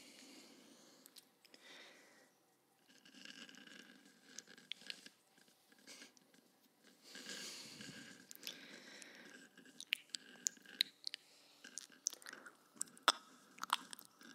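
Binaural mouth sounds: wet clicks, smacks and soft chewing noises over a low murmur, with a brief pause near two seconds. From about ten seconds on, sharp bright clicks come quickly and irregularly, and the sound grows busier and more crisp.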